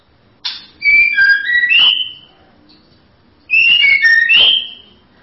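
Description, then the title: White-rumped shama song: two loud, fluty whistled phrases with sliding notes, separated by a pause of about one second. "Kicau Murai Batu"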